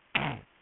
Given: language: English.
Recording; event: throat vibration sensor signal played as sound; throat clearing